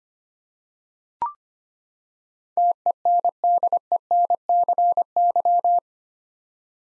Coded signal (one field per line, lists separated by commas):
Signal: Morse code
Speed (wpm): 25 wpm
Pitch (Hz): 700 Hz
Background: none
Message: TENDENCY